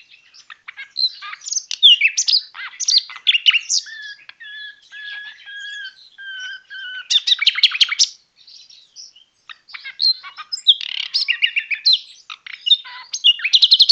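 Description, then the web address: Common nightingale song: rich bursts of chirps and rattles, then a run of long pure whistled notes slowly repeated, followed by a fast dry trill and more varied phrases. 22 March 2014. "birdsong megarhynchos 22 03 2014"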